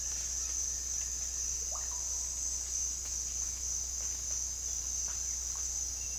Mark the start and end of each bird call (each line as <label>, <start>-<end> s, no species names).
bird call, 1.60-2.04 s